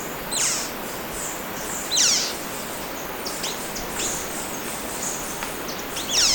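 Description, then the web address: Slaty antwren calls: a few thin, high downslurred notes spaced irregularly, with softer, fainter chirps between them over a steady hiss of background noise. Recorded in Ecuador. "Birds of Ecuador 2. Slaty Antwren"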